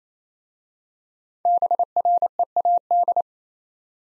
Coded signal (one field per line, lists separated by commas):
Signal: Morse code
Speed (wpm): 27 wpm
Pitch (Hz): 700 Hz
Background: none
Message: BREAD